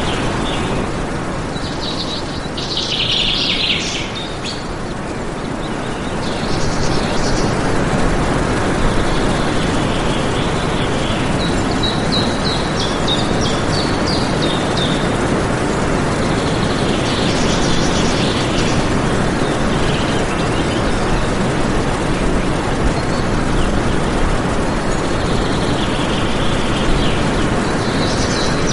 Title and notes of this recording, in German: Harmonische Vogelsymphonie. Die einzigartigen Gesänge verschiedener Vogelarten verschmelzen zu einer beruhigenden Melodie